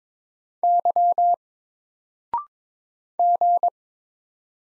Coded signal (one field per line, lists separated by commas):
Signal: Morse code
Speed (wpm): 22 wpm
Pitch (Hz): 700 Hz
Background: none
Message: Y G